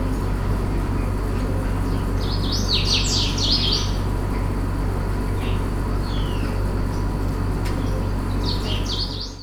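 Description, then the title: House bunting song: two bursts of rapid, jerky downslurred notes with a few short notes between, over a steady low fan hum. Close house buntings sitting on house roofs in the Fez medina, Morocco, in the morning, with a fan running; recorded on a Sony PCM-D100 with internal mics. "Rue Talaa Sghira, Fes , Morocco - House buntings in Fez medina"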